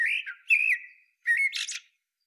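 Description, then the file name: Eurasian blackbird singing two short phrases, each a low fluted warble running into a thin, squeaky high twitter, with a brief pause between them. "Turdus merula"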